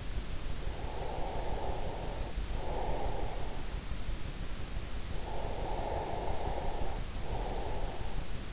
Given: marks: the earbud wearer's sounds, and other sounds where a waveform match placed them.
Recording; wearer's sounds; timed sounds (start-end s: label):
sounds in sleep by an in-ear microphone; breath
0.65-3.91 s: breath
4.54-8.53 s: breath